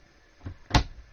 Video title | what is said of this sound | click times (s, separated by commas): 2018 Airstream Atlas Review - Luxury Class B+ with Murphy Suite | so they do have a latching system here nice click and a nice clothes | 0.7 s